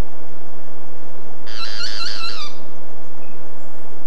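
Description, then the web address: Boat-billed flycatcher song, a single one-second phrase of quick, buzzy, trilled notes, with a faint brief note afterward and low background hiss. "cantos pitangua"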